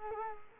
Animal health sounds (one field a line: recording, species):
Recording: mosquito wingbeat signal from an infrared sensor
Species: Culex quinquefasciatus